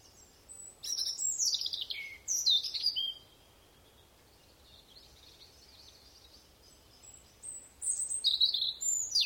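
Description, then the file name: European robin song: two high, thin phrases with descending slurred notes, a pause with faint twittering, then a further high warbled phrase toward the end. "Erithacus rubecula"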